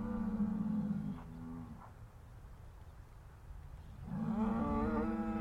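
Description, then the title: Cow mooing, two long harmonic moos with a steady low tone, separated by a quiet pause of about two seconds. In fields. "Harmony in Hooves: Decoding the Rhythms of Cow Conversations"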